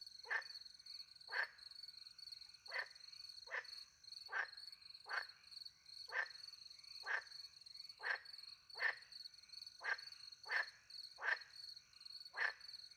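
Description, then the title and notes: Frog croaking steadily, rasping calls repeated roughly every second throughout, against a constant shrill cricket chorus. Frogs with crickets, countryside by night near a little pond, France; microphones hidden in a tree, two Usi pro mics into a Mixpre 10 II recorder. "Frogs and crickets, France. Frogs and crickets in the countryside by night. The microphones were hidden in a tree close to a little pond"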